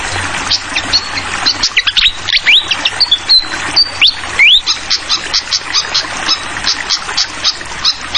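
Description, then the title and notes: Fantail song: a rapid run of sharp chirps, then clear whistled notes sliding up and down, over a steady trickle of flowing water. Masteran tutor song for training songbirds: clear-voiced bird with the sound of trickling water. "Masteran Sikatan Kipas Suara Jernih Dan Suara Gemericik Air. Suara Burung Sikatan Londo"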